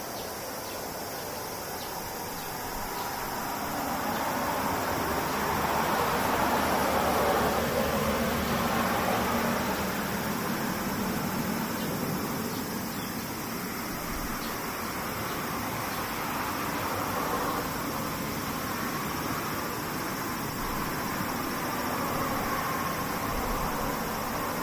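Cicadas keep up a dense, unbroken drone that swells slightly around six seconds in, over a steady low rumble like passing traffic.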